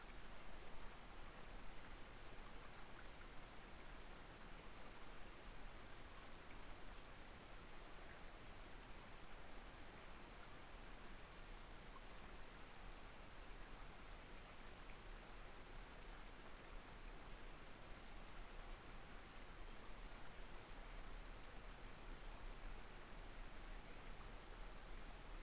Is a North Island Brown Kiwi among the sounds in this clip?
no